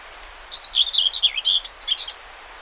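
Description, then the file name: Common whitethroat giving one fast, grating, jumbled warble that rises and falls through brisk notes before stopping abruptly; soft hiss underneath. Recorded 20 May 2009. "20090520 whitethroat"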